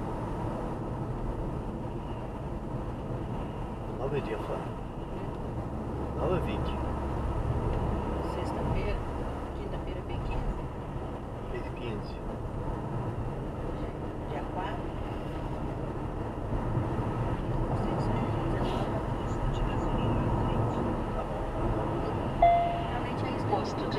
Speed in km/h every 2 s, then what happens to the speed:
70, 70, 73, 77, 79, 80, 83, 86, 86, 87, 87, 84.
0-14 speeds up to 86. 14-24 steady at about 86.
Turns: none.